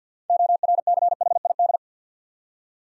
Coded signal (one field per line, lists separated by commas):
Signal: Morse code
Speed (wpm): 52 wpm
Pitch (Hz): 700 Hz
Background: none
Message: ORCHID